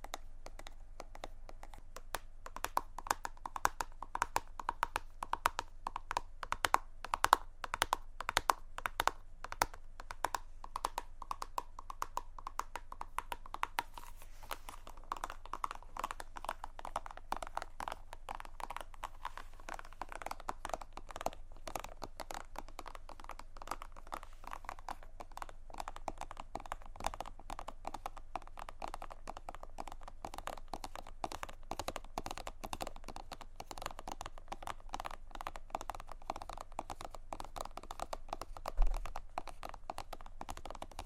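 Rapid tapping on random objects, a dense stream of sharp clicks and knocks that runs the whole way through, busiest in the first half. A soft steady hum sits underneath, and one louder knock lands near the end.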